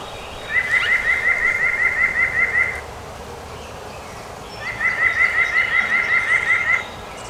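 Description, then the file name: White-breasted nuthatch delivering two matching bursts of around ten quick nasal 'wha' notes each, separated by a two-second pause, over quiet background. Recorded 2018-05-12; twelve songs in the recording. "2018-05-12 WBNU-12 Songs"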